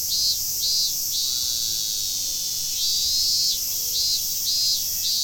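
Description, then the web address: Cicadas in a dense, steady high-pitched hiss, with louder pulsing buzzy bursts in short runs. Several cicadas, recorded on 31 July 2015. "fukudai. cicadas 150731"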